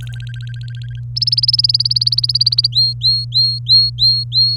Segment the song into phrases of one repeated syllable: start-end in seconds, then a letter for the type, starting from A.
0.00-1.00 A, 1.16-2.67 B, 2.72-4.56 C